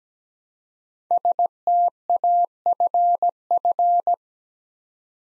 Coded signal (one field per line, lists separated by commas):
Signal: Morse code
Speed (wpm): 17 wpm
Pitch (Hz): 700 Hz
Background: none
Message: STAFF